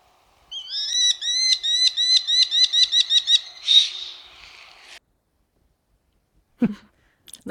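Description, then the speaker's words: American Kestrel alarm call: a very repetitive string of rapid squeaky notes, ending in a rougher note. Final call is an alarm call, very distinctive and repetitive, a little squeaky, likened to shoes squeaking on a basketball court. "That last one was a little alarm call. Yeah, very distinctive, very repetitive, like a little squeaky, I think."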